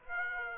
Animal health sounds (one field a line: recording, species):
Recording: mosquito wingbeat signal from an infrared sensor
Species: Aedes aegypti